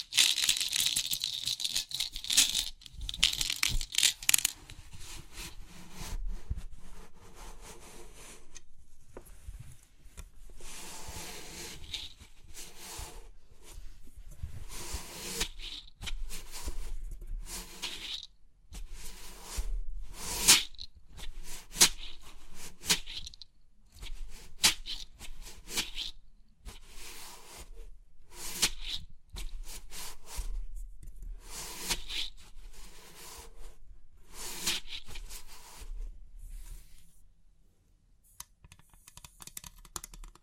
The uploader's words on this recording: Crisp 3D Pin Art Tingles(No Talking).